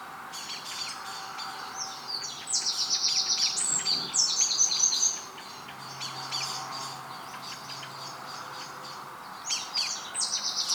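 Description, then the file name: Eurasian wren delivering loud, rapid high-pitched trilling song, a long burst near the middle and another fast trill at the end, with quieter notes before the first burst. "Troglodytes troglodytes"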